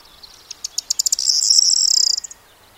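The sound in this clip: Corn bunting song: sharp ticks gathering speed, then a bright, scratchy, jingling trill lasting about a second before stopping abruptly.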